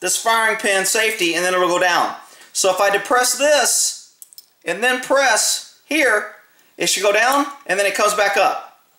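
Someone talks while the firing pin safety plunger in the steel slide of a Glock pistol is pressed down and released during a function check. Speech fills most of the clip, with brief quiet gaps between phrases. Nothing has seated or clicked yet.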